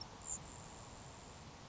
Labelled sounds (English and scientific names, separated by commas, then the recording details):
Grasshopper Sparrow (Ammodramus savannarum)
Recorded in Sonoma County, California